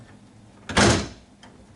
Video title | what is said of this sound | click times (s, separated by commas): How To Install And Use Mangar Archimedes Bath Lift? | and it clicks into place | 0.7 s